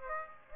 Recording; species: mosquito wingbeat signal from an infrared sensor; Aedes aegypti